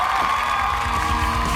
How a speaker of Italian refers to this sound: Mi segnalano però, applausi innanzitutto per Parenzo, applausi.